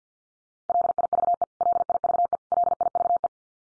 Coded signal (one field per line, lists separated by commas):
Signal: Morse code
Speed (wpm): 50 wpm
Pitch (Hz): 700 Hz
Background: none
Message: LIVE LIVE LIVE